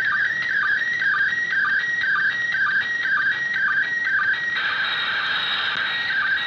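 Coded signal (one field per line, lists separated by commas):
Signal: SSTV (slow-scan television)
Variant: PD120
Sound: warbling tone stepping between pitches with a short low chirp about twice a second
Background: radio hiss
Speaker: So let's just go ahead and play it. And I have to kind of be quiet since it's using the audio.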